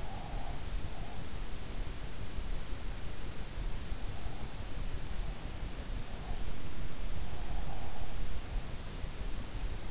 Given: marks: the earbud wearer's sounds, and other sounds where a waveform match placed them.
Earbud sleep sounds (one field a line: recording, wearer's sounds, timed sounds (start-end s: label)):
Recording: sounds in sleep by an in-ear microphone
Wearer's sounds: breath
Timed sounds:
0.00-0.59 s: breath